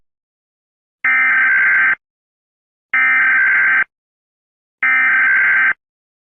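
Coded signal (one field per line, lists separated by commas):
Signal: Emergency Alert System (SAME) tones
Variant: header bursts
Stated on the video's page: Fictional EAS scenario containing valid EAS tones that can trigger real alert equipment.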